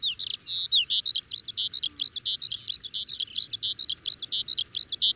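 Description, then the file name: Oriental skylark song, a rapid, steady series of high, clipped chirping notes delivered without pause, with a few brief whistled slurs early on. "alauda gulgula"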